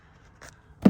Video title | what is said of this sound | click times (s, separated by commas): Assembly: Aokoy Toys Hummer kids electric ride on car. | can see it actually like makes a clicking noise, let you know it's in there. | 0.4 s